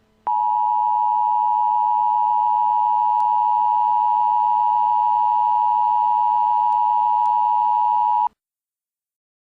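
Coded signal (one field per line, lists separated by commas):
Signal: Emergency Alert System (SAME) tones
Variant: 853 and 960 Hz attention tone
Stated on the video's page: Fictional nuclear missile EAS scenario presented as a tornado warning, simulated alert.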